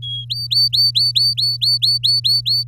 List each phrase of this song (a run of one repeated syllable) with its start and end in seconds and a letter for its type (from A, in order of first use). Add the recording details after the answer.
0.02-0.25 A, 0.30-2.63 B. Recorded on 7 May 2018 at 17:06. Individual llb16